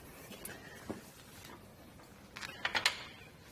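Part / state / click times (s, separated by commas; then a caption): tilt latch of a hitch-mounted platform bike rack / seated / 2.9 s. A RockyMounts GuideRail hitch-mounted platform bike rack for 2 bikes on a 2020 Kia Sorento is lifted from its tilted-away position back up into the upright travel position. Faint knocks come first, then a short cluster of metallic rattles builds from about 2.4 s. It ends in a small click at 2.9 s as the metal tilt pin latches, showing the rack is locked in and ready to drive.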